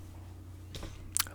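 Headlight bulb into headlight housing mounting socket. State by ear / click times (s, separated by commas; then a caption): seated / 1.2 s. A 9006 halogen low beam bulb on an FZJ80, helped by dielectric grease, is turned about 30 degrees clockwise in the headlight housing mounting socket so its plastic tabs lock. A soft rubbing scrape comes around 0.8 s over a low steady hum, then a sharp bright click at 1.2 s as the bulb seats and locks into place.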